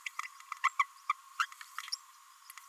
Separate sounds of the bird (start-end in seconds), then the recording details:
0.63-0.69, 0.79-0.84, 1.09-1.12, 1.39-1.46. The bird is a female. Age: 26 days. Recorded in a nest box in Venezuela. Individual 17B32A7